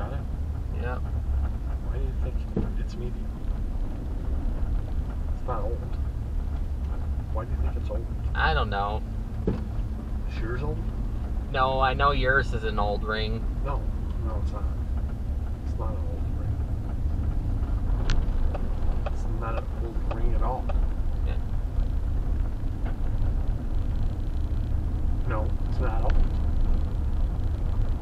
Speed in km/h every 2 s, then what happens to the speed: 23, 19, 19, 23, 18, 15, 11, 15, 18, 18, 18, 16, 18, 18.
0-6 steady at about 19. 6-11 slows to 11. 11-28 steady at about 18.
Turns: 9-13.